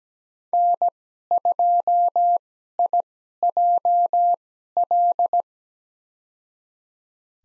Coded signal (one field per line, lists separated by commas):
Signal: Morse code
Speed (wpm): 17 wpm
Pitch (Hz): 700 Hz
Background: none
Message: N2IJL